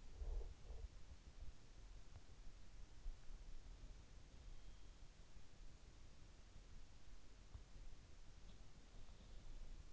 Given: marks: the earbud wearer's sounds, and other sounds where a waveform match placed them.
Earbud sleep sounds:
sounds in sleep by an in-ear microphone; breath
0.00-0.98 s: breath

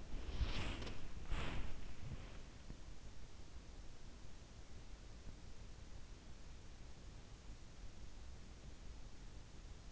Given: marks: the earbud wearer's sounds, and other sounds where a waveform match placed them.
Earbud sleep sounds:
sounds in sleep by an in-ear microphone; body movement
0.00-2.34 s: body movement

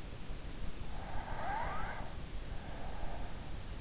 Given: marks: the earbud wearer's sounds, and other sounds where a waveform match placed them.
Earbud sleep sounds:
sounds in sleep by an in-ear microphone; snoring breath
0.97-3.60 s: snoring breath

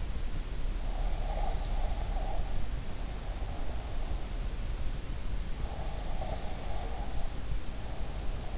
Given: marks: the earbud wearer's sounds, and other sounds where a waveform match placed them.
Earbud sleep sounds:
sounds in sleep by an in-ear microphone; breath
0.95-4.00 s: breath
5.80-8.58 s: breath

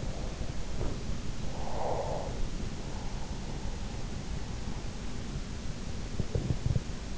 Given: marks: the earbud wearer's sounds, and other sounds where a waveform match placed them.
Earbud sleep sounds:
sounds in sleep by an in-ear microphone; breath, teeth grinding
0.00-2.58 s: sound from someone else or the room
1.55-2.58 s: breath
6.09-6.75 s: teeth grinding

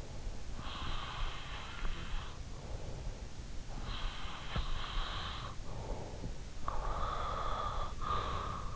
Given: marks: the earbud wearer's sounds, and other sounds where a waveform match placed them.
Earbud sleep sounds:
sounds in sleep by an in-ear microphone; breath
0.25-2.82 s: breath
3.73-6.02 s: breath
6.30-8.76 s: breath

